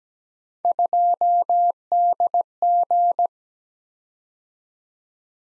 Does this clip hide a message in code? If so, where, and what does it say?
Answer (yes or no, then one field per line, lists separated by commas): yes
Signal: Morse code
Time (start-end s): 0.6-3.3 s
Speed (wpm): 17 wpm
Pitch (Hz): 700 Hz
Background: none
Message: 2DG